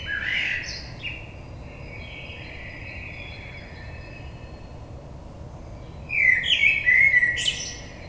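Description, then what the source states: Common blackbird singing two separate phrases: a rich fluted warble with a high twitter at the start, a long pause, then another warble with a squeaky, scratchy ending. Recorded on 22 May 2022.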